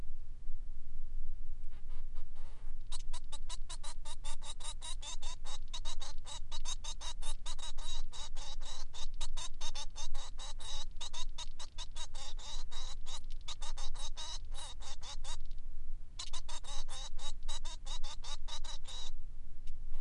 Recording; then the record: song of a male Bengalese finch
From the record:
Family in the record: son of father 3